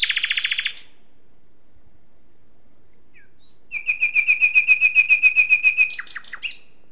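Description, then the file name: Common nightingale song: a short rapid burst of repeated notes, then a long swelling series of pure whistled notes that grows louder before ending in a sharp flourish. "Luscinia megarhynchos"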